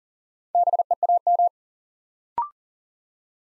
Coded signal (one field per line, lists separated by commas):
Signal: Morse code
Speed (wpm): 40 wpm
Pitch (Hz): 700 Hz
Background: none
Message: BEAM